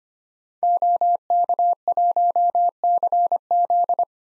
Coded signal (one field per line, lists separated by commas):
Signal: Morse code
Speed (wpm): 25 wpm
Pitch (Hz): 700 Hz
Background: none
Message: OK1CZ